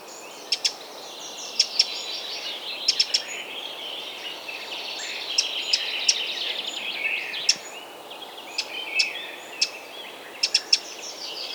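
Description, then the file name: Eurasian wren uttering dry, abrupt tick notes singly and in short groups at irregular intervals, over busy high twittering that swells in the middle. "Troglodytes troglodytes"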